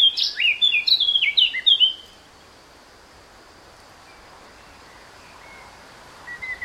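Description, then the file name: Eurasian blackcap song: a rich, fluting warble of quick varied notes lasting about two seconds, then quiet with a faint note near the end. "Sylvia atricapilla"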